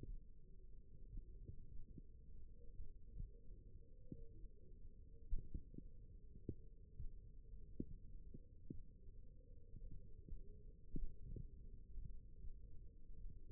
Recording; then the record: forearm muscle sounds (acoustic myography)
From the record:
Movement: finger pinch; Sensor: system 1, eight BSWA MPA416 microphones around the upper forearm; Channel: 3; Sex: female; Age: 21 years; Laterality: right